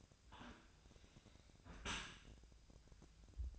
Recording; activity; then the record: daily activity, microphone in the room; close dishwasher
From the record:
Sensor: 2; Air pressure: 1003.0 hPa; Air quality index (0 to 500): 200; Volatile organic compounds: 6 ppm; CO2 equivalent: 1898 ppm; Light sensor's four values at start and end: 24/57/25/28 and 24/57/25/28